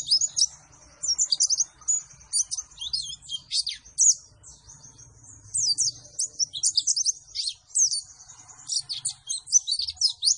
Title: Pleci Gacor. Beginilah Hasil Perform Pleci Dengan Doping Metabolis You C 1000